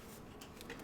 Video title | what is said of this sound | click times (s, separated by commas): First Look: Ranger 1600 FPV RC Airplane #NAFFR (Not a Freebie For Review) | was a very positive click in there | 0.7 s